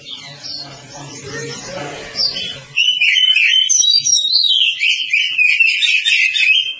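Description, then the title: Oriental magpie-robin song, sustained rich whistling and warbling phrases running continuously for about four seconds, preceded by muddled background sound with low hum. "Kacer"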